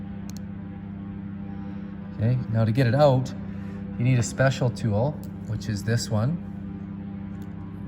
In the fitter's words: it goes in from the back on these guys so it slides in from the back and clicks into place